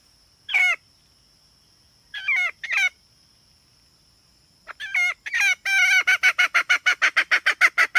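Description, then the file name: Red junglefowl hen calls: scattered wavering, squawking notes with pauses, then a rapid steady series of harsh clucks; a faint steady high tone runs behind. Female (hen). "tieng ga mai rung"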